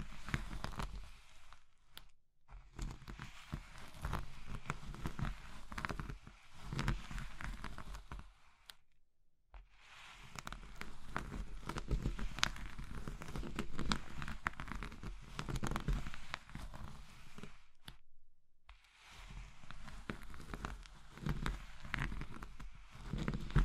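Crushing of brittle materials like soap, chalk and meringue, a dense run of crisp crackles and crunches that fill the sound almost continuously. The crunching stops briefly around 2, 9 and 18 seconds, then resumes at a similar steady intensity.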